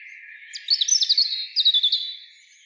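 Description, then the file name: European robin song: a thin high note, then a rapid sweet trilled phrase and a second shorter twittering burst, all high-pitched and clear. "Erithacus rubecula"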